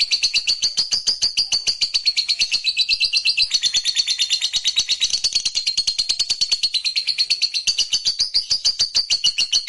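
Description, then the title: Lovebird chattering song: a fast, continuous stream of high, scratchy twittering notes, run together without pause throughout. "Suara Lovebird"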